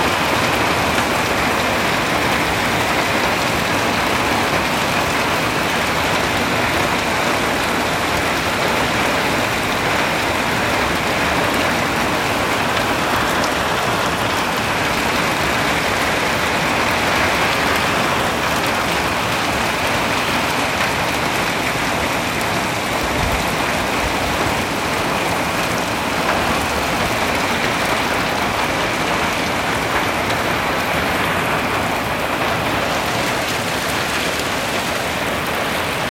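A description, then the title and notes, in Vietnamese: Steady night rain falls in a dense, even hiss with a soft low rumble beneath, unchanging throughout, with a brief thud near twenty-three seconds. Tiếng mưa đêm. Tí tách.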